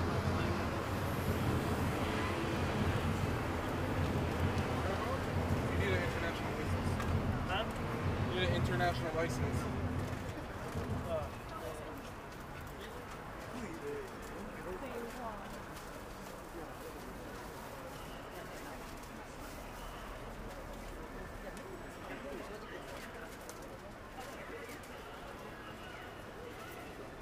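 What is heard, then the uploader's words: Daytime street in Akihabara with steady crowd chatter and traffic rumble, pigeons cooing, the din dropping quieter after about eleven seconds. Akihabara,daytime. Akihabara Station Electric Town Exit（West side plaza）～Chuo street～Suehirocho Station (Ginza Line)～Akihabara Junk Street～Electronic parts store under elevated railroad tracks～Akihabara Station East Exit＆Yodobashi Camera～Akihabara Station Electric Town Exit（West side plaza）.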